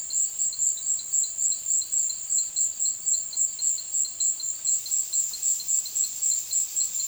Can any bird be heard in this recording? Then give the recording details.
no. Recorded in dense forest near Puerto Asís, Putumayo, Colombia, on 19 February 2024 at 16:00. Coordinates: 0.502, -76.326. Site G6460